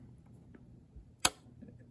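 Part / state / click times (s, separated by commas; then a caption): tuning clutch in a radio/8-track player's tuning mechanism / seated / 1.2 s. A tuning clutch in the radio tuning mechanism of a vintage Sears 8-track player is worked by hand until it snaps back down into engagement. The clutch gives a sharp, bright click at 1.2 s against a low background hum, with a faint tick just before it. The clutch is seated and engaged again, so it will now turn the wheel that adjusts the tuning.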